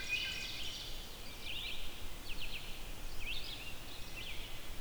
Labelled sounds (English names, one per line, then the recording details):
Red-eyed Vireo song
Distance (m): 80 m
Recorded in boreal forest in Alberta, Canada, on 14 June 2016 at 05:05
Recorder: SongMeter 3, array SBT-3-33
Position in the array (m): 155 m, 192 m